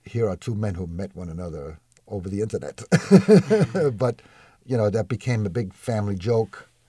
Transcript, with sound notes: here are two men who met one another over the internet! [Laughs] But, you know, that became a big family joke,